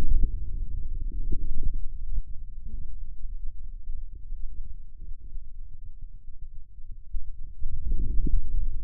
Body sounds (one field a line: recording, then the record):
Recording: forearm muscle sounds (acoustic myography)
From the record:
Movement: outward rotation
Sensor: system 2, bracelet of six BSWA MPA416 microphones around the upper forearm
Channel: 3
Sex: male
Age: 22 years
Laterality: right